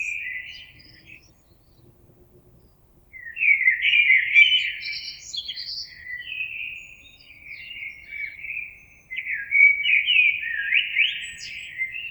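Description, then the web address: Common blackbird singing rich, low whistled phrases that run almost continuously after a short opening phrase and pause, with squeaky high flourishes woven between the fluty notes. Recorded 26 April 2022. "oiseaux Merle 2022 04 26"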